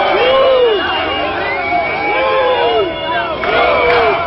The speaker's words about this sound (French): Dans la voiture, Nicole Nata doit quitter le défilé sous les huées de ses opposants, mais un groupe d'une centaine de militants de la CFDT, cheminots et enseignants confondus, la poursuit jusqu'à sa voiture dans un climat de plus en plus violent.